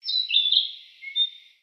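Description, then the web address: Bird giving a short chirping call, then a fainter thin whistle that fades out. "Sound Effects-Foundation 1 BIRD 01 CALL 03"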